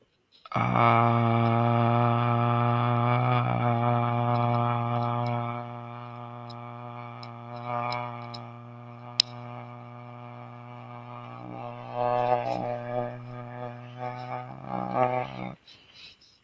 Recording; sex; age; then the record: vowel held as long as possible; male; 30 to 39 years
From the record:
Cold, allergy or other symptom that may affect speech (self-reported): no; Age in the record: 32 years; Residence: Washington, United States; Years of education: 13